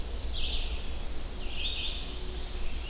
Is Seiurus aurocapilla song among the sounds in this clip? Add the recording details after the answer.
no. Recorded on 25 June 2016 at 05:34. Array SBT-6-76